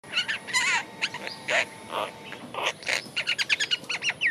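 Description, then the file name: Great myna chatter of squawks, clicks and slurred whistles, with quicker clipped calls toward the end. "Acridotheres grandis"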